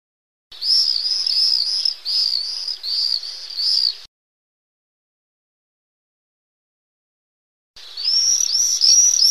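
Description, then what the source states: Common swift calls: a harsh, high trilled scream of quick arched notes for over three seconds, then silence, then another scream begins. A pair of swifts.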